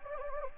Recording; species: mosquito wingbeat signal from an infrared sensor; Anopheles gambiae